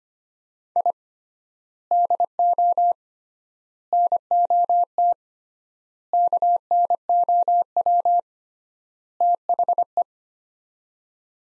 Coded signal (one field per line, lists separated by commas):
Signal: Morse code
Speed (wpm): 25 wpm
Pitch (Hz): 700 Hz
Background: none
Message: I DO NOT KNOW THE